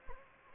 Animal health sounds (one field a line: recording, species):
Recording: mosquito wingbeat signal from an infrared sensor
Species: Anopheles gambiae